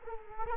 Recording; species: mosquito wingbeat signal from an infrared sensor; Culex quinquefasciatus